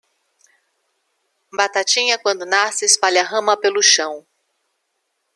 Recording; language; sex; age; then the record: short text; Brazilian Portuguese; female; 50 to 59 years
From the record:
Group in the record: control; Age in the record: 55 years